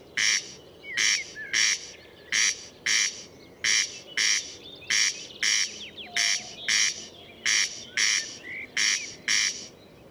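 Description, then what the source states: Corn crake rasping call, a dry double crake repeated steadily throughout, with faint chirps of other birds in the background. Recorded at Murnauer Moos, Germany, on 29 May 2014.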